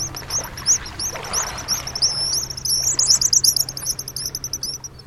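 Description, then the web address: Pigeon guillemot calls: high, thin whistles and rapid sibilant trilled series that run on steadily. Breeding colony on cliffs with young in burrows, early morning, Whidbey Island, Puget Sound. "Birdnote. Citizen Scientists Monitor Pigeon Guillemots"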